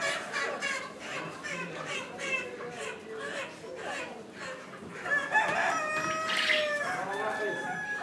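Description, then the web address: Chicken clucks and cackles in a busy mix, with a louder run of harsh, stacked cackling notes near the end. Hen outdoors in Morocco. "Morocco sound library by Faunethic Market for chicken hen"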